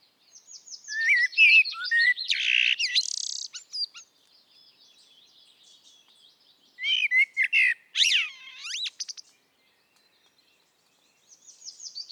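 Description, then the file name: Common blackbird song: low whistled notes run into harsh, buzzy high twitters, then a second phrase of sharp rising and falling squeaks after a quiet stretch. "Turdus merula"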